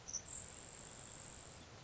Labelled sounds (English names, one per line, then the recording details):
Grasshopper Sparrow
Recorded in Sonoma County, California